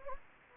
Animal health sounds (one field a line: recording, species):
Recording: mosquito wingbeat signal from an infrared sensor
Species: Anopheles gambiae